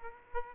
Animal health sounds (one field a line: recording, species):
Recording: mosquito wingbeat signal from an infrared sensor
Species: Aedes aegypti